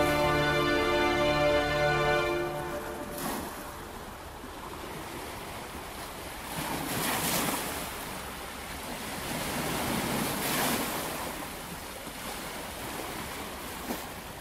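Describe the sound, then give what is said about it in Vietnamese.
A few seconds of sustained musical tones give way to a steady roar of surf, with waves swelling and crashing in broad hissing surges every few seconds, no voices present. “nhẹ nhàng đi xuống biển.”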